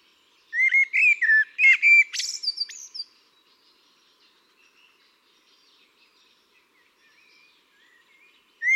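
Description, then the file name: Eurasian blackbird song: one phrase of low, fluted, warbling whistles followed by a high, squeaky twitter, then a long pause before the next phrase begins at the end. "Turdus merula"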